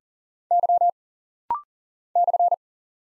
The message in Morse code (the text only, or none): Y /